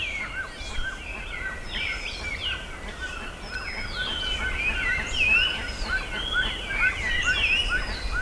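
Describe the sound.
Bird calls, a busy mix of short chirps and rising whistles repeated rapidly by several birds at once, with constant low noise beneath.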